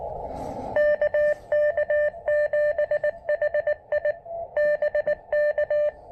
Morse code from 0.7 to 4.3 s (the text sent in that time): KK7HI